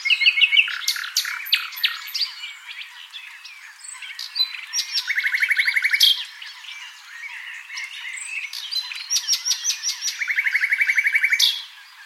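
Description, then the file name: Common nightingale singing varied phrases: sharp high whistles, chirps and fast, even rattling trills repeated in rapid series, with short pauses between phrases. "Luscinia megarhynchos"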